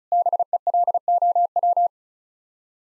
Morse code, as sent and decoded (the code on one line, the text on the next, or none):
-... . .-.. --- .--
BELOW